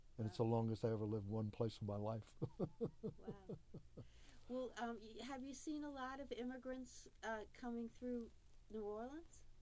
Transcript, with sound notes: That's the longest I ever lived one place in my life. [laughs]
Wow. Well, have you seen a lot of immigrants coming through New Orleans?